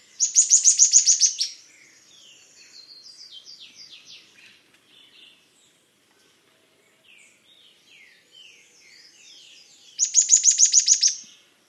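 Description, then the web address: Bird call: a rapid, high trill of sharp repeated notes, soft scattered twittering in between, and then a second identical trill about ten seconds after the first. "BIRD 2015 SABIOD 50 bird 2015"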